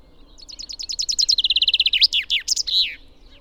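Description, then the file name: Common chaffinch song: a run of quick notes stepping down in pitch into a steady trill, ending in a few loud, slurred notes. "Fringilla coelebs"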